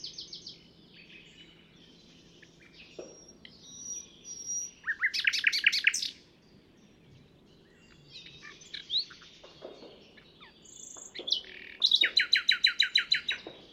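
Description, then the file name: Common nightingale song: varied phrases of high whistles, dry notes and a fast loud trill of repeated pulses, then another rapid rattling series near the end. "Luscinia megarhynchos"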